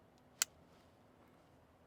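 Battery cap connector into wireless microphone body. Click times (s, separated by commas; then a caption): 0.4 s. After a slight twist, the battery cap with its male connector is pushed into the body of an ACT32HC handheld wireless microphone. A single sharp click sounds at 0.4 s against quiet background hiss, and the cap seats in place.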